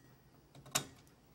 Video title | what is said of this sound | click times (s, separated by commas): L03 Motherboard Installation | push down two of the Fasteners at opposite corners and you'll hear them snap in | 0.8 s